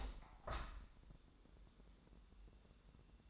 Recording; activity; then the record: daily activity, microphone in the room; open window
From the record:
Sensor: 3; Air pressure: 1000.5 hPa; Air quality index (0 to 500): 139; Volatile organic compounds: 2 ppm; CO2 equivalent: 1211 ppm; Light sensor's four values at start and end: 13/35/14/15 and 14/37/15/16